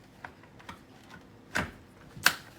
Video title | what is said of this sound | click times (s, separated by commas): Review Yoolax Motorized Blinds with Remote, Blackout Smart Blinds for Windows Motorized Waterproof R | I heard a snap that time. So, he might be right about that. It might be in this time | 2.3 s